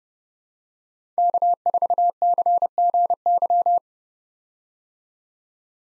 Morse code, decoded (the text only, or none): K4CGY